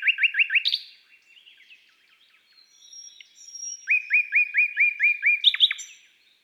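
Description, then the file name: Common nightingale song: four rapid repeated sharp notes, then a quieter varied passage and another fast series of repeated chirps. Woodland and forest birdsong. "Rossignol philomele Chants doiseaux des bois et des forets"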